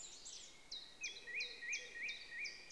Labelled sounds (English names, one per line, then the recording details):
Common Chiffchaff
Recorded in Germany
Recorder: ecoPi